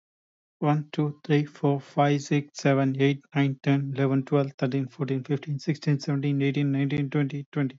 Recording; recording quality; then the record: counting at a fast pace; excellent, no background noise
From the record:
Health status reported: healthy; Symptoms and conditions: breathing difficulty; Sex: male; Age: 25 years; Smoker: not ticked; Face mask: not worn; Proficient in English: yes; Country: India